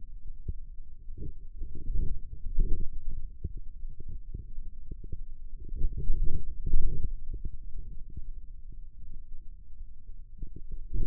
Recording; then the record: forearm muscle sounds (acoustic myography)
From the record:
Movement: radial deviation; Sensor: system 2, bracelet of six BSWA MPA416 microphones around the upper forearm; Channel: 6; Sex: male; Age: 22 years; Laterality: right